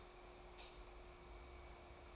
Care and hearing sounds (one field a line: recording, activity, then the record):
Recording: daily activity, microphone in the room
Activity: light off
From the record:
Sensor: 1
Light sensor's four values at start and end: 26/66/27/29 and 23/51/22/24